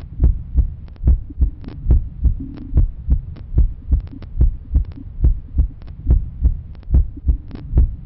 Daily life normal heartbeat sound effect.